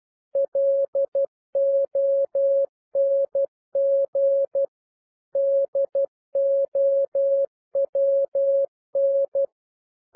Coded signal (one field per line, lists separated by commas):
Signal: Morse code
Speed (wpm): 12 wpm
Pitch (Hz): 550 Hz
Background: none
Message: LONG DOWN